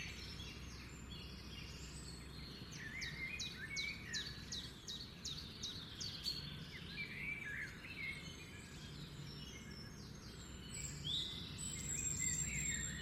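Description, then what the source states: Birdsong chorus with several birds chirping and trilling, high rapid notes and brighter whistled phrases overlapping, steady low rumble underneath throughout. Morning; forest.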